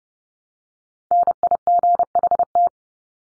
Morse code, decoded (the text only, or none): NIGHT